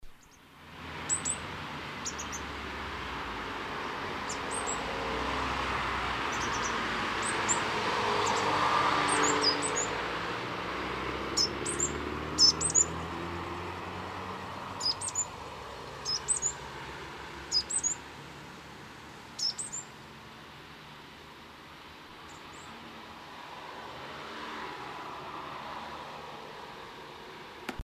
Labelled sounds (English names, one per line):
Great Tit call